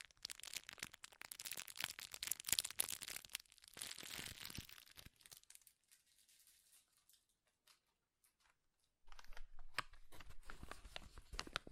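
Crinkling sounds, dense and bright through the first five seconds as crackly crunches pile up rapidly. Around six to nine seconds it thins to sparse, quiet ticks with near silence between, then a louder burst of crackling returns for the last three seconds.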